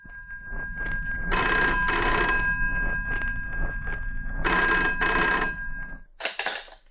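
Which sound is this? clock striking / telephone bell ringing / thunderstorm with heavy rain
telephone bell ringing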